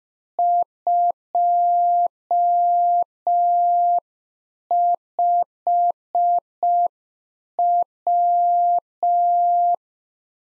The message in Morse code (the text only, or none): 25W